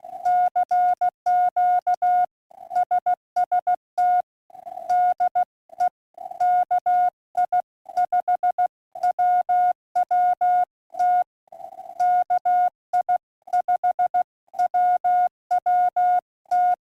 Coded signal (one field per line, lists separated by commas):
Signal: Morse code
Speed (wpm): 15 wpm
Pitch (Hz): 720 Hz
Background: none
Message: CQ SST DE KI5WWT KI5WWT